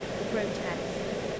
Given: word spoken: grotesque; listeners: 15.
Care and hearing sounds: one English word in noise, from a listening test; speech-shaped noise; -5.7 dB; 3 of 15; 11 of 15; 1.00 s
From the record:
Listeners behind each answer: 11, 3, 1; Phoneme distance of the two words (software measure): 20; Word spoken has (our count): 2 syllables, 7 phonemes, stress on syllable 2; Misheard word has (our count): 2 syllables, 7 phonemes, stress on syllable 2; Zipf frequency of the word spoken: 3.34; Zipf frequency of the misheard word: 4.34

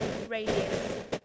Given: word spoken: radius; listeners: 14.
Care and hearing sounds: one English word in noise, from a listening test; noise modulated by three-talker babble; -6.1 dB; 3 of 14; 6 of 14; 0.85 s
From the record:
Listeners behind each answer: 6, 3, 2, 1, 1, 1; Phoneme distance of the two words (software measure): 17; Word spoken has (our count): 2 syllables, 5 phonemes, stress on syllable 1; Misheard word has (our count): 2 syllables, 6 phonemes, stress on syllable 1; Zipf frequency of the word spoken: 3.33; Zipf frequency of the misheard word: 3.08

